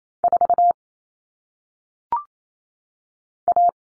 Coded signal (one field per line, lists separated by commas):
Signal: Morse code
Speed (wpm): 28 wpm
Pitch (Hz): 700 Hz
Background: none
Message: 4 A